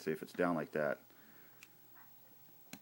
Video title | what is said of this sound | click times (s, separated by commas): Voyager transformers prime thundertron | so pull it up till you hear it click | 1.6 s, 2.7 s